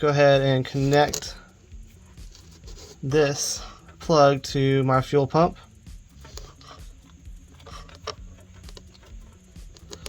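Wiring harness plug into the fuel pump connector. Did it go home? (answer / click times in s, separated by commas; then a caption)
no / none. A wiring harness plug is being handled at the diesel fuel pump connector, to be pushed on before the pump is screwed to the van frame, while someone talks over faint rubbing and small handling taps. A few sharp ticks come near the end, but nothing has seated or clicked yet.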